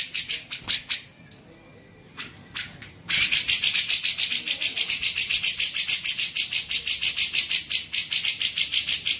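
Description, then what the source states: Grey-cheeked bulbul making scattered rough notes, a short lull, then a sustained rapid string of raspy chattering notes. Masteran recording used to train songbirds.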